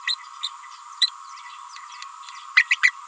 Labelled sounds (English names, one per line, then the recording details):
Green-rumped Parrotlet babbling
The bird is a female
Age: 29 days
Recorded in a nest box in Venezuela
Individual 17B31A3